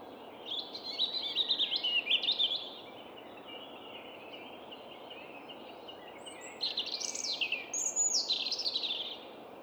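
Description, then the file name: European robin song: two high, tinkling, warbled phrases of rapid varied notes, each about two to three seconds, separated by a long pause, over a steady background hiss. "Erithacus rubecula"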